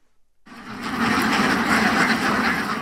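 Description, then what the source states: Indian Runner Ducks quacking as a massed flock, a dense continuous chorus of overlapping quacks starting abruptly after a short silence. Hundreds of ducks released at 9:45 in the morning at the Vereeniging Wine Estate, Stellenbosch, South Africa, marching toward the reporter into the vineyard to eat snails and pests.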